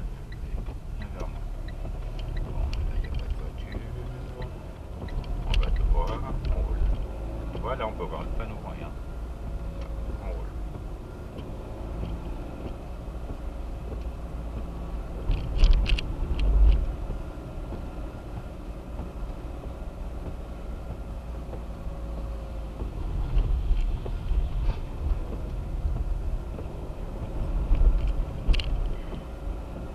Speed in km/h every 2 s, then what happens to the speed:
19, 21, 25, 31, 27, 29, 29, 30, 31, 29, 28, 24, 25, 29, 33.
0-6 speeds up to 31. 6-17 steady at about 29. 17-23 slows to 24. 23-30 speeds up to 33.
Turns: none.